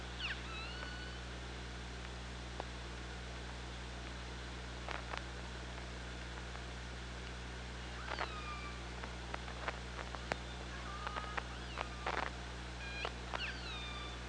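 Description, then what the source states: Killer whale calls underwater, short harmonic calls that bend downward, heard at the start, near eight seconds and again near thirteen seconds, among frequent clicks over a constant low hum. Recorded on the OrcaLab hydrophone, 24 August 2017, 15:47.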